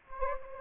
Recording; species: mosquito wingbeat signal from an infrared sensor; Anopheles gambiae